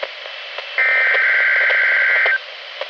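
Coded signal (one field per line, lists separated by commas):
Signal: Emergency Alert System (SAME) tones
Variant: header bursts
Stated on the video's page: NWR Required Weekly Tests from NWS Spokane relayed by a weather radio station, recorded from a Reecom R-1630 weather radio with a Zoom H1 recorder.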